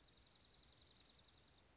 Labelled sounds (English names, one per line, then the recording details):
Dark-eyed Junco
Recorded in Sonoma County, California